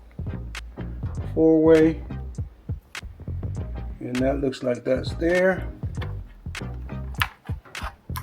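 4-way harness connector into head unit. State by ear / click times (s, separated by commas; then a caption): seated / 7.2 s. A plastic 4-way harness connector is pressed into a head unit while someone talks, with scattered soft taps and knocks throughout. A sharp, bright click at 7.2 s marks the connector seating, and it is confirmed in.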